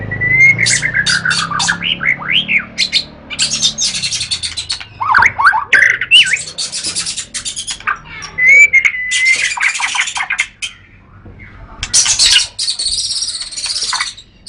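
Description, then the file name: White-rumped shama song with clear whistled slurs sliding down, alternating with harsh buzzy bursts and rapid chatter, with a brief pause. Recorded in Lhokseumawe. "kicau murai batu matrix pawang bc lhokseumawe"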